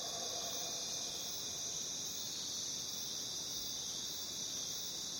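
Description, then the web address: Crickets in a steady, shrill, unbroken chorus, the trilling holding an even level throughout with only a faint low rustle underneath. Crickets in a jungle. "the-sound-pack-tree -jungle crickets"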